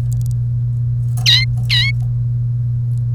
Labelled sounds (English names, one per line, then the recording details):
Domestic Canary song
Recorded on 1 May 2018 at 09:23
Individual llb3